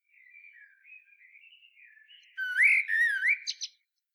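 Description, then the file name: Common blackbird: soft, low warbling, then a clear, loud, flute-like phrase of swooping whistles ending with two squeaky high notes. "Turdus merula"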